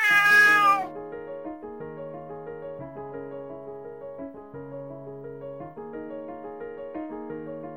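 A single short, bright cat meow opens, then gives way to soft, steady music of sustained melodic notes playing on alone.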